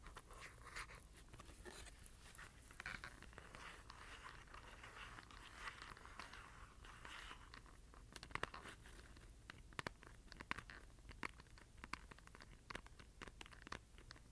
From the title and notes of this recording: ASMR Scratching and Tapping Cardboard.